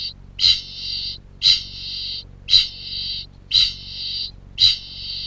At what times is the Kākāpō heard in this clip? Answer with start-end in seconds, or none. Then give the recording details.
0.00-5.26. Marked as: faintness 1/5. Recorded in New Zealand. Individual Piripi